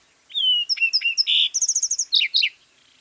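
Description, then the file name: Lark sparrow singing a varied phrase: a pure whistle, clipped notes, a harsh buzz, a rapid high trill and two falling chirps, with nothing else audible. "Lark Sparrow - Chondestes grammacus"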